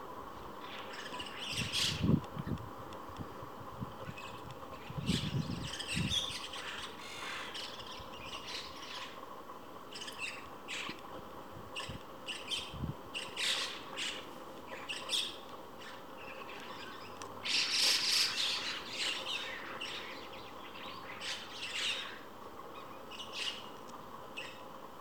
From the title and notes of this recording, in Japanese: 電線に並ぶムクドリのカップル達。たまになんかギャアギャアもめていますね…